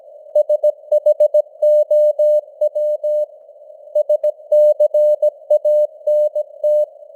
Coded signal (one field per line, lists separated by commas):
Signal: Morse code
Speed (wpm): 17 wpm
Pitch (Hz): 600 Hz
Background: none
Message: SHOW SCANT